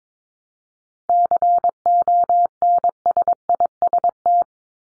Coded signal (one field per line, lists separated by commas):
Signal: Morse code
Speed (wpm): 22 wpm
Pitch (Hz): 700 Hz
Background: none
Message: CONSIST